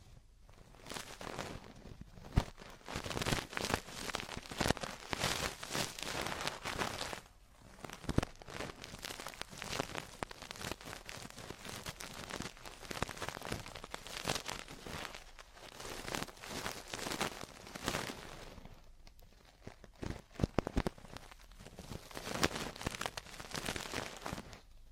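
Traditional Chinese ear cleaning and earwax removal: dense, crackling scrapes and rustles come in quick bursts with almost no rest. Brief lulls fall near 7, 15 and 19 seconds, and a few sharper clicks stand out around 2, 8 and 20 seconds.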